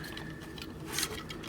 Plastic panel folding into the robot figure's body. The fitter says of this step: it kind of locks into place it doesn't lock lock I wish there were simply clumping of them that actually clicked